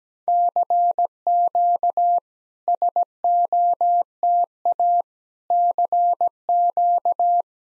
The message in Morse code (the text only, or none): CQ SOTA CQ